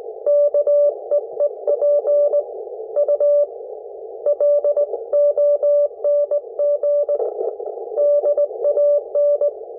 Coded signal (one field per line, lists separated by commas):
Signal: Morse code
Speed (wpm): 18 wpm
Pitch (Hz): 580 Hz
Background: none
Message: KEEP U LONG DAN